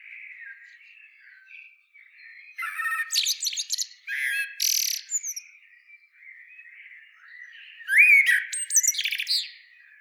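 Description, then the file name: Common blackbird song phrases, squeaky twittering bursts and a bright slurred note, in two spaced groups over a faint steady background of chirping. "Turdus merula"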